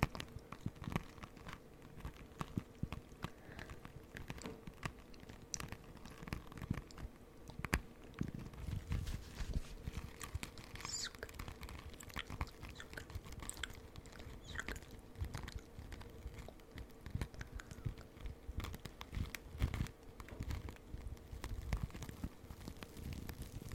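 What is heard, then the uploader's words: Dense scratching with constant crackly clicks and quick taps across the whole stretch, a low steady hum beneath, no pauses. ASMR Scratching For SleepRelaxation.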